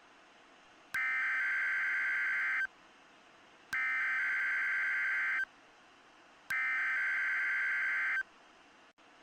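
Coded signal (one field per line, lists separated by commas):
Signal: Emergency Alert System (SAME) tones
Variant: header bursts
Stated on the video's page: Valid EAS tones in self-made EAS screen recreations.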